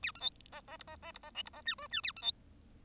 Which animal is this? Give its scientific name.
Lonchura striata domestica